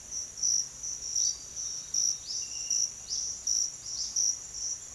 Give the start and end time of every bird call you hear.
1.13s-4.22s: Olive-faced Flatbill (Tolmomyias viridiceps) (2.5-6.7 kHz)

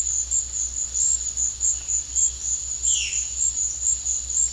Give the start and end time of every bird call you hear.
2.82s-3.26s: Violaceous Jay (Cyanocorax violaceus) (1.8-4.0 kHz)

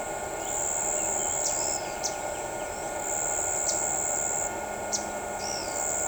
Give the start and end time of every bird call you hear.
1.44s-2.10s: Pied Water Tyrant (Fluvicola pica) (3.3-9.1 kHz)
3.65s-4.99s: Pied Water Tyrant (Fluvicola pica) (3.2-8.9 kHz)
5.38s-5.73s: Pale-eyed Pygmy Tyrant (Atalotriccus pilaris) (3.9-6.8 kHz)

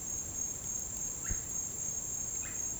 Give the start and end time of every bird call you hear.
1.18s-2.55s: Russet-backed Oropendola (Psarocolius angustifrons) (0.9-3.3 kHz)

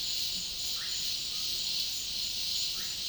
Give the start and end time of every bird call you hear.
0.75s-0.91s: Russet-backed Oropendola (Psarocolius angustifrons) (0.8-2.3 kHz)
2.75s-2.93s: Russet-backed Oropendola (Psarocolius angustifrons) (0.7-2.5 kHz)

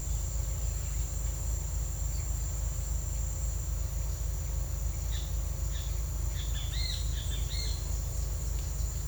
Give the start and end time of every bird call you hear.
5.67s-5.95s: Great Kiskadee (Pitangus sulphuratus) (1.5-4.3 kHz)
6.33s-7.74s: Great Kiskadee (Pitangus sulphuratus) (1.1-4.9 kHz)

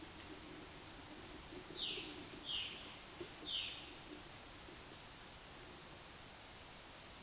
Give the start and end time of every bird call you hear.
1.76s-3.88s: Violaceous Jay (Cyanocorax violaceus) (1.9-4.7 kHz)

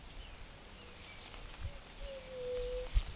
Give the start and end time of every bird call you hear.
1.96s-3.00s: White-tipped Dove (Leptotila verreauxi) (0.4-0.8 kHz)

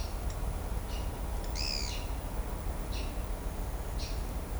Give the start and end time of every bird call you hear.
1.51s-1.99s: Pale-eyed Pygmy Tyrant (Atalotriccus pilaris) (1.9-10.3 kHz)

